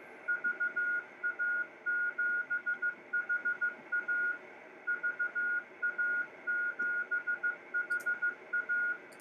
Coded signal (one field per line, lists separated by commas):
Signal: Morse code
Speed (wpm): 15 wpm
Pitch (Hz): 1440 Hz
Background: none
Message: VA7HA VA7HA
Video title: Live Demo of SDR Software Defined Radio receiving SSB and AM radio stations ham amateur radio